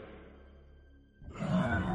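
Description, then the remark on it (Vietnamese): After a low, quiet rumble, a demon in a cave bursts into a loud, deep roar that holds, harsh and growling across a wide range of pitch. “Bỗng nhiên nó gầm lên một tiếng.”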